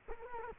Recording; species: mosquito wingbeat signal from an infrared sensor; Culex quinquefasciatus